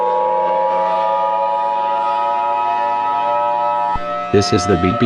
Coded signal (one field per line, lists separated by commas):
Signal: Emergency Alert System (SAME) tones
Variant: 853 and 960 Hz attention tone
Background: speech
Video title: EAS Scenario 2: The Wrath of Jupiter